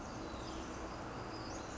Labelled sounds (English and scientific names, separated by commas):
Hutton's Vireo (Vireo huttoni)